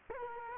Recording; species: mosquito wingbeat signal from an infrared sensor; Culex quinquefasciatus